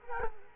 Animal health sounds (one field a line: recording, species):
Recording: mosquito wingbeat signal from an infrared sensor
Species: Culex quinquefasciatus